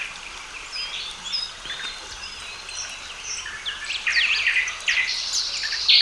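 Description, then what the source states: Bird chorus of quick chirps and thin whistles, growing louder and denser toward the end with bright repeated sweeping notes. Calm birdsong.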